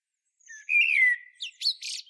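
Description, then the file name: Common blackbird song: a single phrase with a long mellow descending whistle followed by short squeaky high twitters. "Turdus merula"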